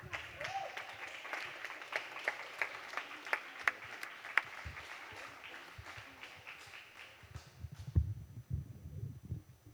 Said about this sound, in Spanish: Un fuerte aplauso para ….